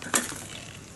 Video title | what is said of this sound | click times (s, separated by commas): how to ride a scooter in Thailand 🇹🇭 | you shut it and you do a double click so | 0.0 s, 0.2 s